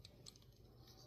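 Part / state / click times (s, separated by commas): plastic Technic pin into building-toy beam hole / not seated / none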